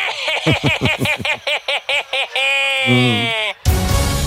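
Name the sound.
goat bleating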